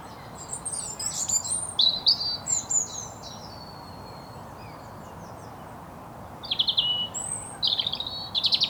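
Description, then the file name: European robin song, thin high warbled phrases with trills and sliding notes, pausing for about three seconds midway before more sharp twittering phrases resume. "Erithacus rubecula"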